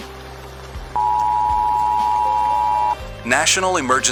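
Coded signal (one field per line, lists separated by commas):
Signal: Emergency Alert System (SAME) tones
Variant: 853 and 960 Hz attention tone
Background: speech, music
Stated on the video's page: Fictional EAS broadcast from a backup transmitter about a nuclear attack.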